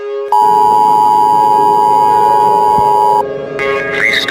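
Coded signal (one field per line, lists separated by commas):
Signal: Emergency Alert System (SAME) tones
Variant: 853 and 960 Hz attention tone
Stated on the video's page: Fictional EAS scenario about a geomagnetic storm, a simulation rather than a real alert.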